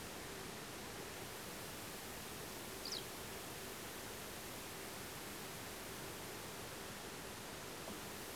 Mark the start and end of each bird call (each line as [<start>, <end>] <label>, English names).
[2.82, 3.05] Eurasian Skylark